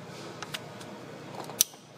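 A wiring harness electrical connector is pushed back onto a Ford alternator, with a couple of faint ticks around 0.4 and 0.6 seconds over a steady low background hum. A sharp, bright click at 1.6 seconds marks the connector snapping in and seating.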